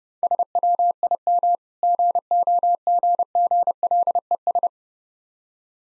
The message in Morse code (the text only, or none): SWIM GOGGLES